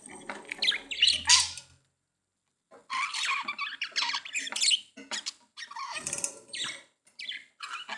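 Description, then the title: Budgerigar chatter: fast scratchy, squeaky warbled notes in runs, with short silent breaks. "Budgie Sounds"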